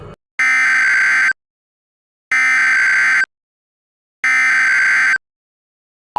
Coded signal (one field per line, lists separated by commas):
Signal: Emergency Alert System (SAME) tones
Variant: header bursts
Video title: EAS Mock: VistaLink's Tornado Watch screwup (Requested)